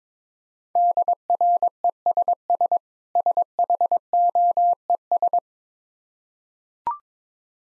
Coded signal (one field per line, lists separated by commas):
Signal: Morse code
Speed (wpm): 21 wpm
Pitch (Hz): 700 Hz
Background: none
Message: DRESS SHOES